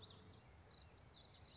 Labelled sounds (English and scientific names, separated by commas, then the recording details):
Common Yellowthroat (Geothlypis trichas)
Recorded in Sonoma County, California